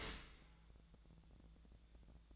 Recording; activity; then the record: daily activity, microphone in the room; open dishwasher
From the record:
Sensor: 3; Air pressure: 1000.5 hPa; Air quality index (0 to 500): 173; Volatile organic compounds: 3 ppm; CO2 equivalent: 1501 ppm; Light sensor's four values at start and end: 13/35/14/15 and 13/35/14/15